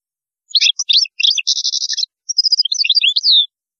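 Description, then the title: European goldfinch song, lively: rapid tinkling twitters, a dense buzzy trill, then more jingling notes ending in a downslurred note. "Chant Chardonneret"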